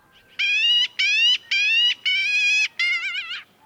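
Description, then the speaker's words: Black-billed magpie giving five harsh, raspy calls in quick succession. Heard on a cool March morning in open ranch country of the West, when the trees are still bare. "The magpie's raspy call is bold as brass."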